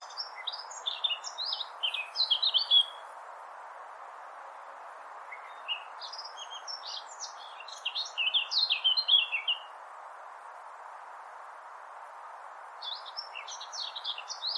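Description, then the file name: Eurasian blackcap song in three bursts of rapid, jumbled high chirps separated by pauses of a few seconds, with constant background hiss. "Sylvia atricapilla"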